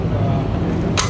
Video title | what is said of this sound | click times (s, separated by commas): తిరుమలాయపాలెం లో ఎన్నికల సిబ్బందికి శిక్షణ #telangana#election#panchayath#mptceelection | లాక్ అయిపోయింది. | 1.0 s